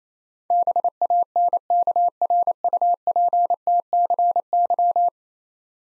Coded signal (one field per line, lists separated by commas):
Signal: Morse code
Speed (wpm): 28 wpm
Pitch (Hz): 700 Hz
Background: none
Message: BANKRUPTCY